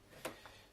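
A float switch cable plug is pushed into a pool controller socket with its clip lined up with the slot. A sharp click sounds at 0.3 s, followed by a fainter tick at 0.5 s. The plug is seated in the socket and ready.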